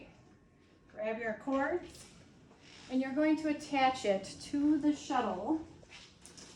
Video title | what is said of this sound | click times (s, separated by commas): NICU Shuttle Preparation | make sure you hear the click | 6.3 s